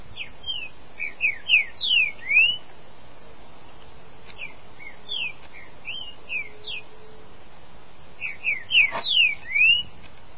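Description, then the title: Green-winged saltator song: repeated phrases of rich whistled slurs, each a quick run of rising and falling notes, given three times with pauses between, the middle phrase softer. "Trinca Ferro"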